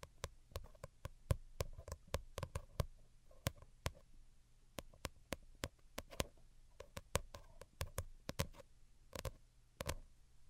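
Delicate tapping in quick, uneven bursts of sharp clicks, some clustered closely, over a faint low hum with brief pauses between runs.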